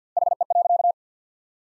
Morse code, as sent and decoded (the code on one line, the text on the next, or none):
.... . .-.-.-
HE.